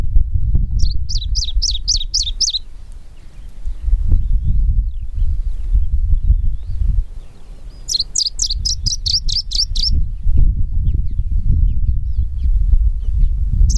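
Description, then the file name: Smoky warbler singing two rapid runs of about seven high, clipped notes, separated by a pause, and the start of a third at the very end, with constant low rumble underneath. "warbler-smoky -Phylloscopus-fuligiventer"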